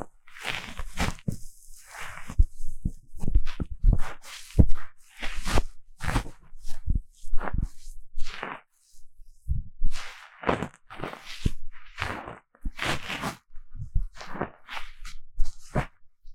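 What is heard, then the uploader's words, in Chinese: Ear cleaning sounds: irregular bursts of scratching, rubbing and crackling, each lasting under a second with brief silent gaps between. Soft low thumps sit under brighter, crisp scrapes, and the pace stays busy and uneven for the whole stretch. 強烈的耳朵深層清理 | 耳掃除 | Deep Ear Cleaning | NoTalking。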